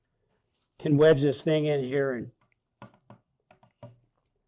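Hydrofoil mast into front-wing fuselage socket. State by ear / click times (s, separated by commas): seated / 2.8 s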